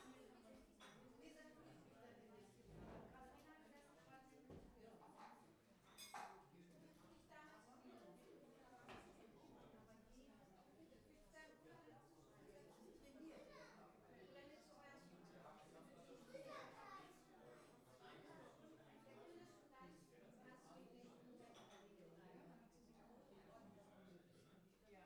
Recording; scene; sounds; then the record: everyday scene through a hearing-aid microphone; many people talking; many voices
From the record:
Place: parish hall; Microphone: behind the ear, right, rear